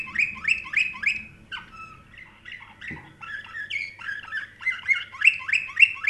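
Canary singing quick repeated chirps, a softer varied middle section with a single click, then rapid chirp series again.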